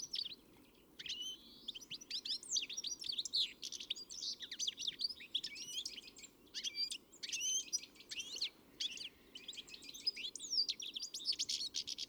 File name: Chloris chloris